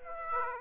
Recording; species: mosquito wingbeat signal from an infrared sensor; Aedes aegypti